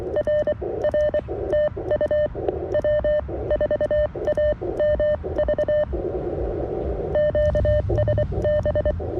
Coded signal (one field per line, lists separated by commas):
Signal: Morse code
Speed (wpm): 23 wpm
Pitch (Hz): 590 Hz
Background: none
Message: RR TU W4AMV QSB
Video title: CW POTA with the CFT-1 QRP radio, WRC antenna, and Begali Expedition key